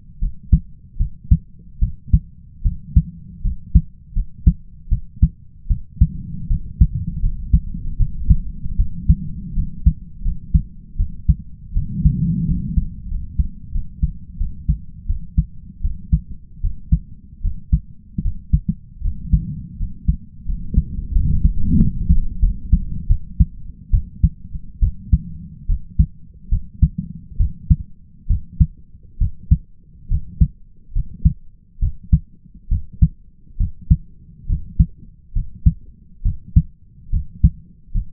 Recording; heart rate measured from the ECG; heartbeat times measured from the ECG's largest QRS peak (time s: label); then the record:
heart sounds by stethoscope; 76 bpm
0.19 s: heartbeat
0.97 s: heartbeat
1.79 s: heartbeat
2.62 s: heartbeat
3.42 s: heartbeat
4.13 s: heartbeat
4.89 s: heartbeat
5.68 s: heartbeat
6.47 s: heartbeat
7.20 s: heartbeat
7.97 s: heartbeat
8.76 s: heartbeat
9.54 s: heartbeat
10.22 s: heartbeat
10.97 s: heartbeat
11.73 s: heartbeat
12.45 s: heartbeat
13.08 s: heartbeat
13.72 s: heartbeat
14.37 s: heartbeat
15.06 s: heartbeat
15.81 s: heartbeat
16.61 s: heartbeat
17.41 s: heartbeat
18.22 s: heartbeat
19.01 s: heartbeat
19.77 s: heartbeat
20.45 s: heartbeat
21.12 s: heartbeat
21.76 s: heartbeat
22.40 s: heartbeat
23.07 s: heartbeat
23.91 s: heartbeat
24.80 s: heartbeat
25.67 s: heartbeat
26.49 s: heartbeat
27.37 s: heartbeat
28.27 s: heartbeat
29.18 s: heartbeat
30.08 s: heartbeat
30.93 s: heartbeat
31.80 s: heartbeat
32.69 s: heartbeat
33.57 s: heartbeat
34.47 s: heartbeat
35.33 s: heartbeat
36.22 s: heartbeat
37.10 s: heartbeat
37.92 s: heartbeat
From the record:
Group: healthy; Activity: cold pressor test 0-5 s, rest 5-38 s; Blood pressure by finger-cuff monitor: 132/73 mmHg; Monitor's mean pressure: 88 mmHg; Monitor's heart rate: 74 bpm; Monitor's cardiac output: 5.7 L/min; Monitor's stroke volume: 75 mL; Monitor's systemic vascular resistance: 1110 dyn s/cm5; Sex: male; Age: 20 years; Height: 167 cm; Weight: 61 kg